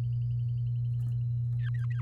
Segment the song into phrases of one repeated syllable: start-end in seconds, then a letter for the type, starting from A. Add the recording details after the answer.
1.59-2.01 A. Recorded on 11 May 2018 at 05:39. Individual llb16